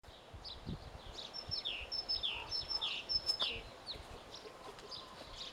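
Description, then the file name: Great tit calls: a quick series of high, sharp downslurred notes about twice a second, with faint low rustling and other chirps behind. "Parus major"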